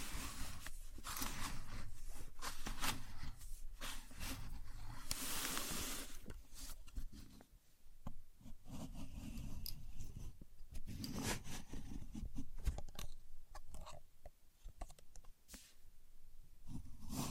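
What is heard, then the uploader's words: A contour gauge being handled, its pins sliding and clattering in quick, irregular bursts of small clicks and rubbing scrapes. A louder, harsher rush of rattling comes around five to six seconds, then shorter scraping passes and scattered ticks continue with brief quieter gaps. A Contour Gauge. No Talking.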